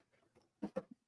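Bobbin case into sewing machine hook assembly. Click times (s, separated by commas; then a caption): 0.6 s, 0.8 s. A bobbin case with its bobbin is popped into the hook assembly of a sewing machine. Two short, quiet hits are heard at 0.6 s and 0.8 s, with a fainter tap just after, and the bobbin case is seated in place.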